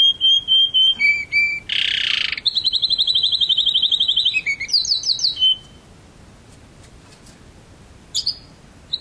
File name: canary